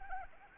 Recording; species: mosquito wingbeat signal from an infrared sensor; Anopheles arabiensis